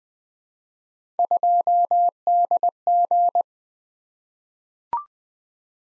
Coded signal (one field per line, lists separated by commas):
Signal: Morse code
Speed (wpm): 20 wpm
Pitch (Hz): 700 Hz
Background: none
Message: 2DG